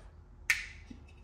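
A genuine hood pin latch on a car hood is flipped open, giving a sharp, bright snap at 0.5 s that rings off over the next few tenths of a second, then a faint small click at 1.1 s. The latch snaps open and into place.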